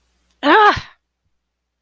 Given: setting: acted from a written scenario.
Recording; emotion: vocal sound without words; negative surprise